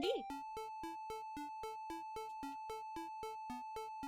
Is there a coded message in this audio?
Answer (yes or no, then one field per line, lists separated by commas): no